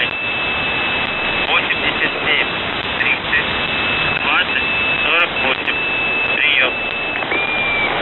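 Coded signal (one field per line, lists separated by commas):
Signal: numbers station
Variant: UVB-76 voice message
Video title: The Buzzer/UVB-76(4625Khz) February 14th, 15th, 19th 2022 Voice messages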